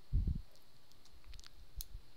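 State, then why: Seated. A crimped metal contact for the black wire is pushed into a plastic Powerpole power connector housing until its spring tongue locks. After low handling thumps and a few faint ticks around 0.9 to 1.5 s, a sharp snap at 1.8 s marks the contact seating in the housing.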